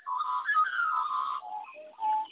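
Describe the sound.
Magpie calling in clear whistled, warbling notes that slide between pitches, with a final held whistle after a short pause.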